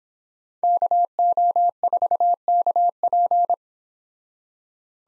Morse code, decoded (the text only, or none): KO4KP